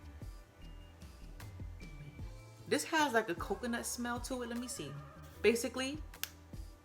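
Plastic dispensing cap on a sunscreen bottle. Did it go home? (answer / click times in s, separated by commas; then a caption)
released / 6.2 s. A plastic dispensing cap on a sunscreen bottle is clicked open with a sharp, short snap at 6.2 s. Before that, someone talks over quiet background music.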